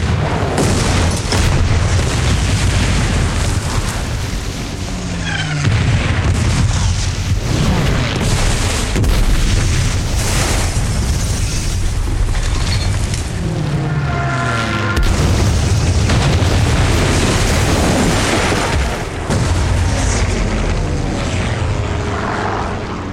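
Heavy booming explosions of a massive bombing raid roll continuously over the droning roar of aircraft engines, a loud, dense barrage with deep low rumbles and sharp blasts recurring throughout.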